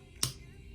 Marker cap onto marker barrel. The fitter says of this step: hear that snap okay so once my check mark is red